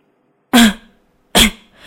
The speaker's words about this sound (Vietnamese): Lại Nhải ho khan hai tiếng.